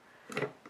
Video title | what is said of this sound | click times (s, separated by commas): Graflex "23" Graphic: roll film holder for 4x5 camera | by placing it into position and pushing those spring hinges back until they lock into place | 0.3 s, 0.4 s